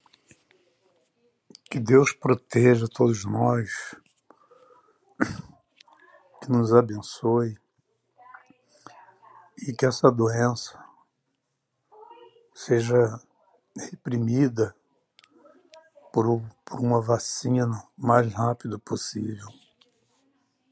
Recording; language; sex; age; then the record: short text; Brazilian Portuguese; male; 60 to 69 years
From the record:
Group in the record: control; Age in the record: 61 years